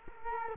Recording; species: mosquito wingbeat signal from an infrared sensor; Culex quinquefasciatus